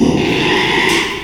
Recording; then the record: squeal of a Yucatan mini pig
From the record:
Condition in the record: after surgery on the right vocal fold (resection and tissue-engineered implant); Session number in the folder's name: 1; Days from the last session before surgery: 6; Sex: male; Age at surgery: 12 weeks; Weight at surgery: 13 kg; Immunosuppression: cyclosporine, prednisolone